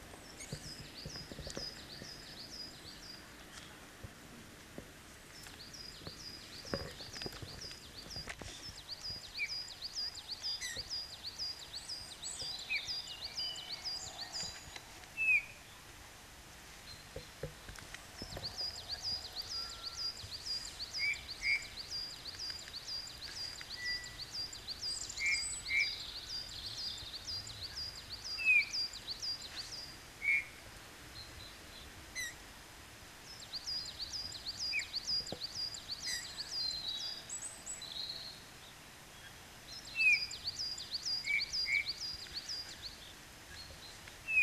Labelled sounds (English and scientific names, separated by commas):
Coal Tit (Periparus ater) song